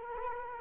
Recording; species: mosquito wingbeat signal from an infrared sensor; Culex quinquefasciatus